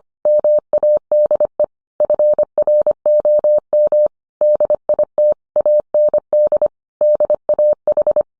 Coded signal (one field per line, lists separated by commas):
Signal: Morse code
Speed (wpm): 25 wpm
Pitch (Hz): 600 Hz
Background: none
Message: MADE FROM DIT AND DAH